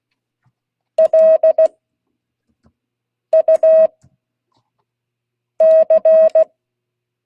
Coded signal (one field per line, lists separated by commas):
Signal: Morse code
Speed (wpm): 16 wpm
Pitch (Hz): 640 Hz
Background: none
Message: LUC